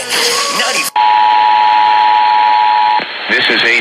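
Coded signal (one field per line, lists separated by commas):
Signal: Emergency Alert System (SAME) tones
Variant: 853 and 960 Hz attention tone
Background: speech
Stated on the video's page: Required monthly test from Shasta.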